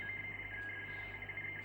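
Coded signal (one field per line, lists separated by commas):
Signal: RTTY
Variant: 50 baud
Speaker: but it is reading now quite well.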